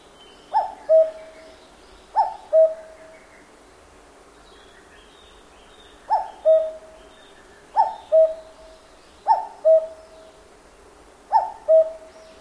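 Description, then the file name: Cuckoo repeating its falling two-note call six times, a pause of several seconds after the second call, then steady repeats about every 1.5 to 2 seconds. Cuckoo calling in a forest in Japan. "BIRD CUCKOO CALL JAPAN FOREST"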